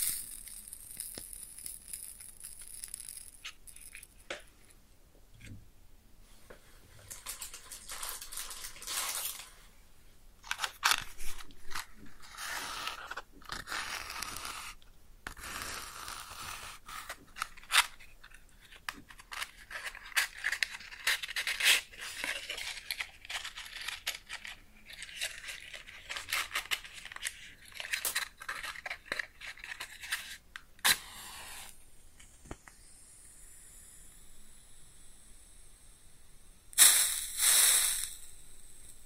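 A match is struck close up, with a bright burst of sound near the start and another around 37 seconds. Between them the fire crackles and sizzles in dense, irregular pops and hisses. The crackling thins out after about 31 seconds, leaving a soft fizz.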